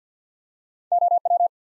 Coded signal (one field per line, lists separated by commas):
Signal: Morse code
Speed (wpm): 50 wpm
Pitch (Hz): 700 Hz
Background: none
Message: O W